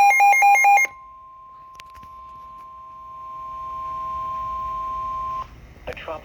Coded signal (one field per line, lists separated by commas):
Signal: Emergency Alert System (SAME) tones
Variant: 1050 Hz attention tone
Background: speech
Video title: EAS #219: TRW